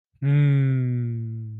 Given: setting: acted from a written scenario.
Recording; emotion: vocal sound without words; romantic love